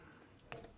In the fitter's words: this is a little tiny dimple in the back of it basically locks into place so if I try